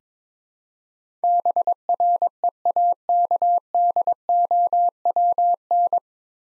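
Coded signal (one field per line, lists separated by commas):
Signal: Morse code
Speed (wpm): 22 wpm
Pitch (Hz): 700 Hz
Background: none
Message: BREAKDOWN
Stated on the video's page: Morse practice set sending 9-letter words at 22 wpm for head-copy training.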